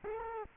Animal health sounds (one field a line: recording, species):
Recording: mosquito wingbeat signal from an infrared sensor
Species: Culex quinquefasciatus